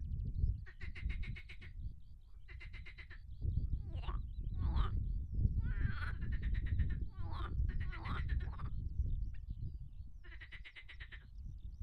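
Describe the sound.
Marsh frogs giving rattling, pulsed croaks in bursts of about a second, repeating quickly, over a steady low rumble.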